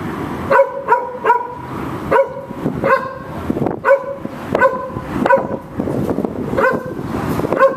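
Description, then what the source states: Dog barking: a series of sharp, ringing barks with brief pauses between. Dog barking at a cat.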